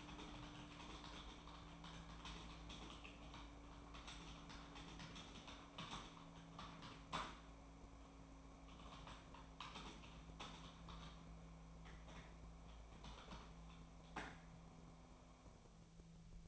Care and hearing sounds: daily activity, microphone in the room; typing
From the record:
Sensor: 1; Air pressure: 1000.2 hPa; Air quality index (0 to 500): 141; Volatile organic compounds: 3 ppm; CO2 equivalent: 1329 ppm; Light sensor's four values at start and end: 30/75/32/38 and 30/75/31/38

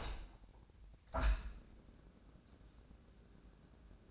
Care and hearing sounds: daily activity, microphone in the room; open window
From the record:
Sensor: 2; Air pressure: 1012.2 hPa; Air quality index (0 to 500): 120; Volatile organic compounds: 1 ppm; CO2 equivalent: 892 ppm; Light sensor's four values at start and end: 110/264/109/107 and 110/263/109/108

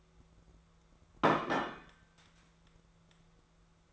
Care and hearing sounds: daily activity, microphone in the room; place plate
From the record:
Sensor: 3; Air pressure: 1015.0 hPa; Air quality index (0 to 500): 207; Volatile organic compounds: 33 ppm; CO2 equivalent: 3028 ppm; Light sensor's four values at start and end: 12/28/11/12 and 12/28/11/12

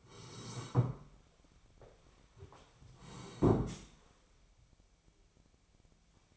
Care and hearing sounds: daily activity, microphone in the room; sit down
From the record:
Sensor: 1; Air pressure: 1015.2 hPa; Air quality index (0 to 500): 192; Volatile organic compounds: 20 ppm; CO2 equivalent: 2690 ppm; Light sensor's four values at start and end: 12/29/12/13 and 12/29/12/13

